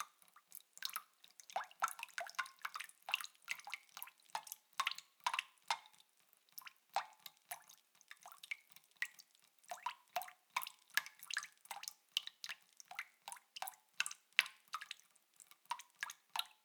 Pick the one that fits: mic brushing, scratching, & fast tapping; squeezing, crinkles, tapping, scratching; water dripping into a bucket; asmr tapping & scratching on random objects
water dripping into a bucket